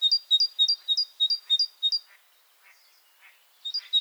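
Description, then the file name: Great tit sings a rapid series of two-note phrases, falls silent apart from a few soft notes, then starts another phrase series. "Parus major"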